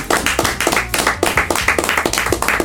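A short round of applause: sharp, crisp hand claps repeat in a quick, fairly steady rhythm from a few people, moderately loud, with no voices over them.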